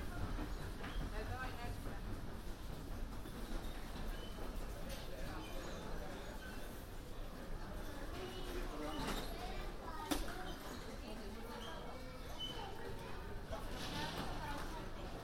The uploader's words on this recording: A binaural recording of eating a quick breakfast at the hotel. A walk around London, new years eve.